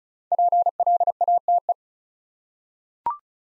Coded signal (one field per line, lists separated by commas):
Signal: Morse code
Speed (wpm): 36 wpm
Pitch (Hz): 700 Hz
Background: none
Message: PLATE